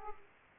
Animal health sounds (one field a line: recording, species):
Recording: mosquito wingbeat signal from an infrared sensor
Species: Aedes aegypti